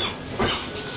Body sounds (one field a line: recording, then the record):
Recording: coughing mixed with background sound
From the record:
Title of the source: Spring Cold Coughing 2